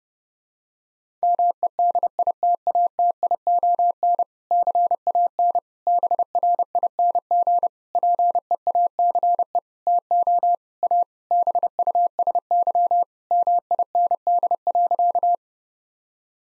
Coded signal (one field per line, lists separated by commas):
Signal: Morse code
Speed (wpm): 30 wpm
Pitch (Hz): 700 Hz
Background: none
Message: MEDITATION CAN BRING PEACE TO A BUSY MIND.